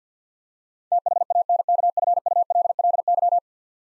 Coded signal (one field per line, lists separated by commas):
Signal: Morse code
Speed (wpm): 50 wpm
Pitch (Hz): 700 Hz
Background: none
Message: THANKFULLY